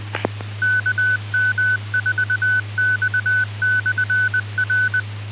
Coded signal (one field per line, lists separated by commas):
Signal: Morse code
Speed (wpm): 20 wpm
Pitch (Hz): 1500 Hz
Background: none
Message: KM4X/R